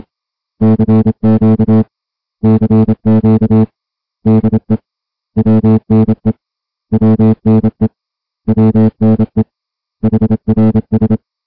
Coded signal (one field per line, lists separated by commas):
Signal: Morse code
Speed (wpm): 27 wpm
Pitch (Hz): 220 Hz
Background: music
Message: CQ CQ DE WNE WNE WNE HRS